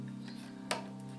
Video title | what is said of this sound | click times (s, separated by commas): EVGA Hybrid Cooler Installation on GTX 1080 | there you go it just kind of clicks into place | 0.7 s